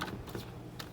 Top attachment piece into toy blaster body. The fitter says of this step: there's a little button you just push the button and then it slides in locks into place and then